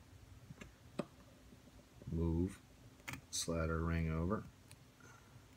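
A metal split ring is worked around onto the hook eye of a Super Spook Jr. fishing lure with a treble hook, during a refurbish, with light metallic ticks and clicks near 0.6 s, 1.0 s and 3.1 s while someone talks. Nothing has seated or clicked into place yet; the ring is still being handled and is not fully on.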